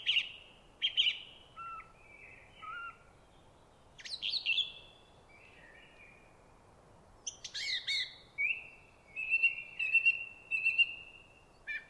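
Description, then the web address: Song thrush song, a series of varied whistled and chirpy phrases separated by short pauses. "cianscape birddata Deverinetal 2025"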